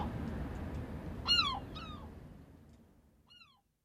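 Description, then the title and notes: European herring gull giving two clear falling yelps followed by a fainter third one as the sound fades out. "Viikon luontoääni: Harmaalokki. Pertti Koskimies"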